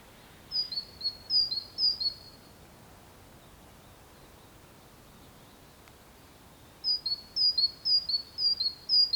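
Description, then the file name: Great tit calling: high two-note phrases repeated in quick series, a long quiet gap, then a longer series, over constant background hiss. "Parus major"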